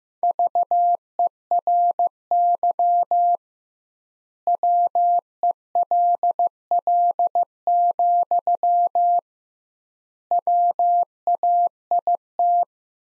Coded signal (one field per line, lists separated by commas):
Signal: Morse code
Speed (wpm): 15 wpm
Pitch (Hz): 700 Hz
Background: none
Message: VERY WELL, WAIT